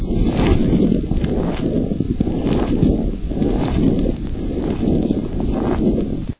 Crackle.